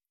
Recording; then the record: hydrophone in a shrimp aquaculture tank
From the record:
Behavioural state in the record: stressed